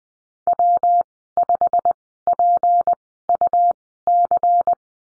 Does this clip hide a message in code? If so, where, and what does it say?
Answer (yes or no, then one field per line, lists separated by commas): yes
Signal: Morse code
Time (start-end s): 0.5-4.7 s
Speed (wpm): 19 wpm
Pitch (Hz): 700 Hz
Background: none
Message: W5PUC